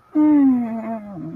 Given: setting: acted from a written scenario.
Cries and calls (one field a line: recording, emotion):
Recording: vocal sound without words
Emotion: shame